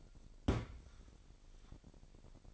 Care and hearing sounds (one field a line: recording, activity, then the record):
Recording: daily activity, microphone in the room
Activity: place on stove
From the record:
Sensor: 5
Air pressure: 1012.1 hPa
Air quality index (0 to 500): 235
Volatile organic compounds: 4 ppm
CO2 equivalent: 1560 ppm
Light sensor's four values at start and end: 47/104/45/49 and 47/105/45/49